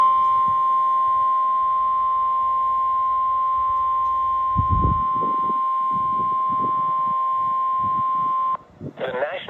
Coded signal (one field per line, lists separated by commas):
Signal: Emergency Alert System (SAME) tones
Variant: 1050 Hz attention tone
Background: speech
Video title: (EAS #501) Severe Thunderstorm Warning for Multiple KMKX Counties